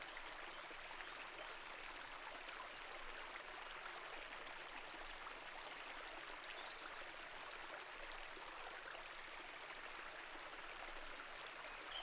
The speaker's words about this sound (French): Il faut que l'eau, elle coule. Hein, bon, c'est une manière de dire. Hein, mais dès qu'il y a un robinet, il fallait qu'il ouvre, voir si ça coulait, tout ça. C'est l'eau qui coule.